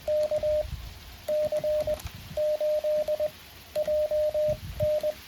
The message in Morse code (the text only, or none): KC8JN